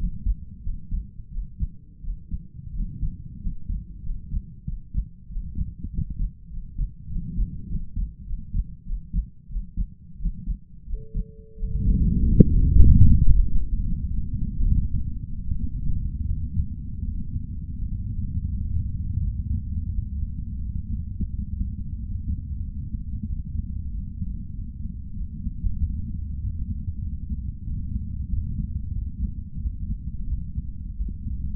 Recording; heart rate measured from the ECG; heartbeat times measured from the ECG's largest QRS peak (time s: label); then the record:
heart sounds by stethoscope; 91 bpm
0.61 s: heartbeat
1.30 s: heartbeat
2.01 s: heartbeat
2.72 s: heartbeat
3.39 s: heartbeat
4.01 s: heartbeat
4.64 s: heartbeat
5.28 s: heartbeat
5.89 s: heartbeat
6.49 s: heartbeat
7.08 s: heartbeat
7.67 s: heartbeat
8.25 s: heartbeat
8.84 s: heartbeat
9.48 s: heartbeat
10.17 s: heartbeat
10.85 s: heartbeat
11.55 s: heartbeat
12.23 s: heartbeat
12.84 s: heartbeat
13.41 s: heartbeat
14.01 s: heartbeat
14.64 s: heartbeat
15.45 s: heartbeat
16.25 s: heartbeat
17.03 s: heartbeat
17.77 s: heartbeat
18.49 s: heartbeat
19.21 s: heartbeat
19.91 s: heartbeat
20.60 s: heartbeat
21.29 s: heartbeat
21.96 s: heartbeat
22.61 s: heartbeat
23.25 s: heartbeat
23.89 s: heartbeat
24.51 s: heartbeat
25.14 s: heartbeat
25.76 s: heartbeat
26.37 s: heartbeat
27.00 s: heartbeat
27.62 s: heartbeat
28.26 s: heartbeat
28.91 s: heartbeat
29.58 s: heartbeat
30.26 s: heartbeat
30.95 s: heartbeat
From the record:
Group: healthy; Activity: rest 0-11 s, Valsalva maneuver 11-32 s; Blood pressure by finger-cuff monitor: 87/56 mmHg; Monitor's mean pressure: 66 mmHg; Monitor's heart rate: 90 bpm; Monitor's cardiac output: 5.8 L/min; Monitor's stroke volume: 62 mL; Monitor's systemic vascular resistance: 800 dyn s/cm5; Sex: male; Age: 22 years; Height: 181 cm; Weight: 60 kg